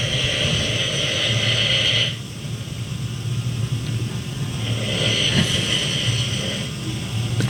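Loud snoring from an adult sleeping in bed at night, around 11 o'clock, heard from across the room.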